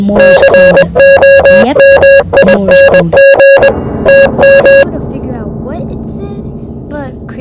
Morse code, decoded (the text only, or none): COMING TM